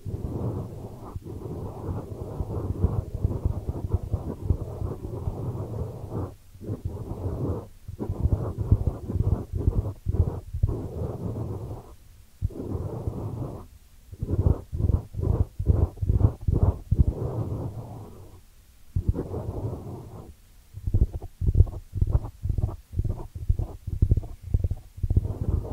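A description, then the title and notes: Ear cleaning sounds, muffled, with low, rumbling rubbing and scratching. Quick, fairly regular strokes come in dense runs, broken by short pauses near 7, 12, 14 and 20 seconds. Nothing bright or crisp sits above them. ASMR 10 Sleep Inducing Ear Cleaning Triggers with Brain Penetration (No Talking).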